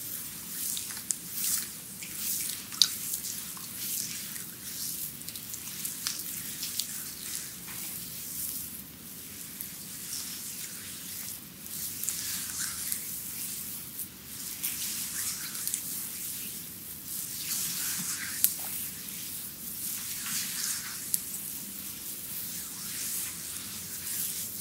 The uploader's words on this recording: ASMR Chinese Bamboo Massage.